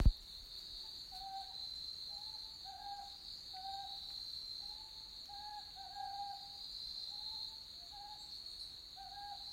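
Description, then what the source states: Owl calls, a series of many short hoots, with a sharp knock at the start and a constant high insect buzz throughout. Owls recorded on Iriomote, Japan.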